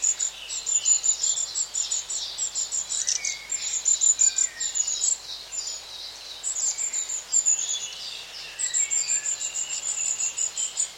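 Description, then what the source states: Long-tailed tit flock calls: high, thin, rapidly repeated twittering notes overlapping throughout, with occasional lower whistles from other birds. Group of long-tailed tits giving feeding calls.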